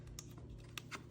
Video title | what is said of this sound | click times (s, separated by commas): Installing the Nucular P24F controller on my Surron Light Bee X | Hear that click. | 0.8 s